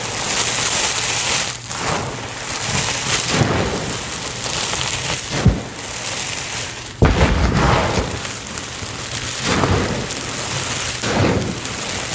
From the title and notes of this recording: Confetti Overload Series!